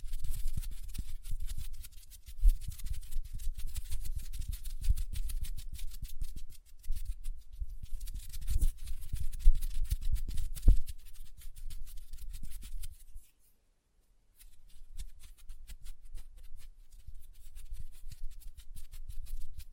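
Hand sounds with lotion: a dense, crackling rub of sticky, wet textures with soft low thumps running underneath. A few sharper taps stand out around 2.5, 9 and 11 seconds, and the sound drops to silence briefly near 13–14 seconds before the rubbing resumes.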